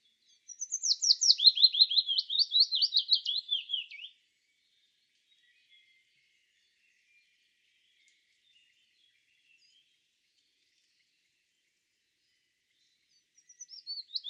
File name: peter boesman. fitis zang